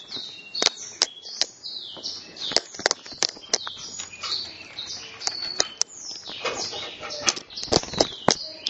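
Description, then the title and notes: Bird chirps: short high whistled notes, some sweeping down, scattered irregularly, with sharp clicking knocks throughout. "Bird Sound. Kicau Burung Lengkap"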